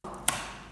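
A Samyang 35-150 f/2-2.8 zoom lens with a rubber weather seal is rotated with significant force in the L-mount of a Leica SL3 mirrorless camera body. After a faint low rumble, a single sharp, bright snap rings out at 0.3 s as the bayonet snaps in and locks. The lens is fully mounted and sits solid.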